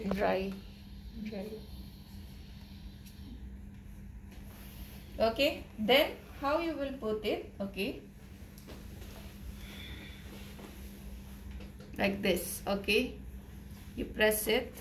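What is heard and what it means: A plastic inner cannula is held and lined up with a tracheostomy tube before being pressed home, while someone talks. Soft handling rustles sit under a steady low hum. The cannula has not yet seated or clicked into the tube.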